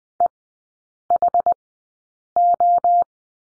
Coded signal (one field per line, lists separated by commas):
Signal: Morse code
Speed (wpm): 20 wpm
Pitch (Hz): 700 Hz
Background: none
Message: EHO